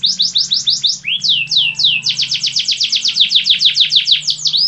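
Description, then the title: Yorkshire canary song, a continuous series of rapid high chirps with brief sweeping notes, repeated several times a second. Long, vigorous song. "Suara Burung Kenari Yorkshire Gacor Kicau Panjang"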